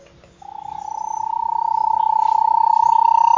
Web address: Bahia tapaculo. صدای-پرنده-تپلک-باهیا